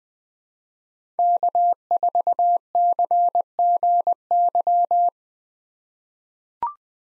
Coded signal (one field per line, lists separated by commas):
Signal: Morse code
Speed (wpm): 20 wpm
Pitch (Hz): 700 Hz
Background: none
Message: K4CGY